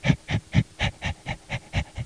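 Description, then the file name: Dog making a fast, even run of nine short, rhythmic sounds, about four each second, with no other sounds. "Sound doggy"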